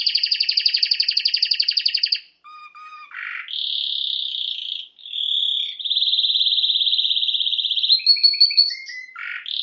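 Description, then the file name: Canary song, continuous and varied: pulsed trills, short low notes, sustained rolling tours and quick whistled chips follow one another without pause. "Canary Voice"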